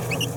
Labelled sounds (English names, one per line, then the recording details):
Green-rumped Parrotlet babbling
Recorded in a nest box in Venezuela
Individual 18B17A4